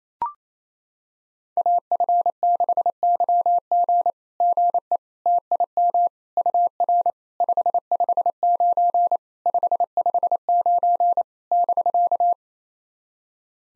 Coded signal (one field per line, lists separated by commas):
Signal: Morse code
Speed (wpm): 28 wpm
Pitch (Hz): 700 Hz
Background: none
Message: AF6YG GE TIM UR 559 559 <BK>